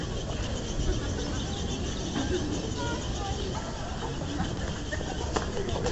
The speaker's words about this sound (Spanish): Como pueden oír, parecen bebés. Bueno, desde aquí yo no puedo ver. Pero parecen bebés pájaros en la palmera.